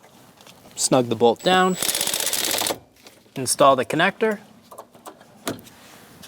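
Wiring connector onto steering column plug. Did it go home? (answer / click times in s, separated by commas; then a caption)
yes / 5.5 s. Someone talks while a plastic electrical connector at the steering column of a 2003-2025 Chevrolet Express 2500, during a steering column bearing replacement, is pushed onto its mating plug, with a dense rattling burst around 1.8–2.7 s. A sharp click at 5.5 s marks the connector latching and seating.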